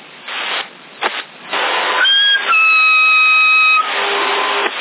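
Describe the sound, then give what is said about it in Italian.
Hissy, band-limited CB radio noise where a carrier with a beep breaks in with a couple of short beeps, then a steady two-pitch tone holding about a second, followed by a fainter low tone. CB radio in Sassari, January 2012. “C'è sotto che sta mettendo questa portante col bip.”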